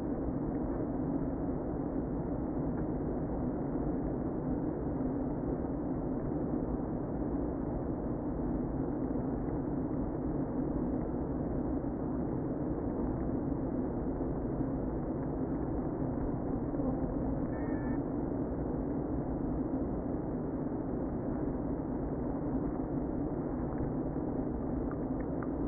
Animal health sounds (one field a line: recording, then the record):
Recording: honeybee colony, microphone inside the hive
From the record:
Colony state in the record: queen present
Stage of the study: before two queens were removed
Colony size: about 60,000 bees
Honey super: yes